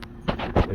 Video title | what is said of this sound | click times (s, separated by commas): 00 to 06 chev Tahoe 3rd brake light tips. How not to screw up the install | kind of ease up on it like that until you hear a click and go to your left and click if | 0.3 s, 0.6 s